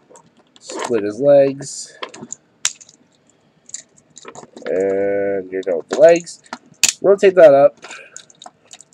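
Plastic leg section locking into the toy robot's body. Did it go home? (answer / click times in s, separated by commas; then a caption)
no / none. Someone talks while handling a plastic Combiner Wars Deluxe Protectobot Groove toy figure, transforming it to robot mode and rotating a leg section up into position so it can lock into the robot's body. Light plastic taps and clicks of handling are heard between the talking. The leg part has not locked into place yet; nothing has seated or clicked home.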